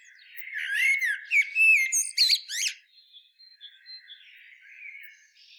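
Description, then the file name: Common blackbird with a warbled start leading into quick, squeaky chirps and slurred notes, fading to faint, scattered soft sounds. "Turdus merula"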